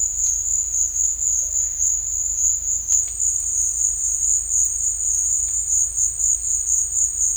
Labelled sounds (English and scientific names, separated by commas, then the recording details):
none
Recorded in dense forest near Puerto Asís, Putumayo, Colombia, on 18 December 2024 at 13:30
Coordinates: 0.481, -76.323
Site G100